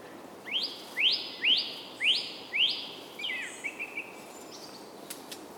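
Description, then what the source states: Bird song of five loud, sharply rising whistled notes, evenly spaced about half a second apart, followed by softer lower twitters. Soundscape.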